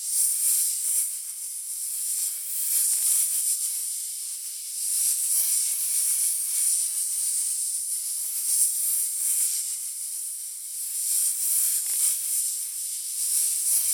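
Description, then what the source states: Snake hissing without pause, a sibilant rush of high noise that swells and eases softly in strength; no other sounds stand out. In a snake pit.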